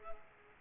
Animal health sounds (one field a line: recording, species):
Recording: mosquito wingbeat signal from an infrared sensor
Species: Aedes aegypti